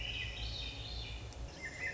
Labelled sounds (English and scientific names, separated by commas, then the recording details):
Swainson's Thrush (Catharus ustulatus)
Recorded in Sonoma County, California